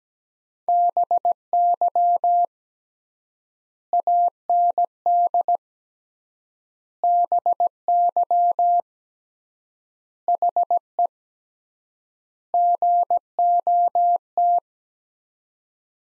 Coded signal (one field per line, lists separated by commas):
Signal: Morse code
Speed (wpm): 17 wpm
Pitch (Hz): 700 Hz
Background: none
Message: BY AND BY HE GOT